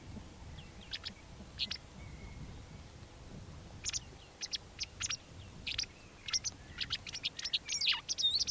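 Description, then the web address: White wagtail calls: sharp, high, clipped chips scattered throughout, thickening into a quick run of notes near the end, over a low steady background hum. "Deverinetal 2025 File origin Bird Only"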